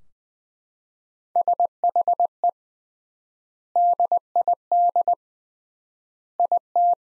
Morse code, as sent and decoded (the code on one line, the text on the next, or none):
... .... . / -.. .. -.. / .. -
SHE DID IT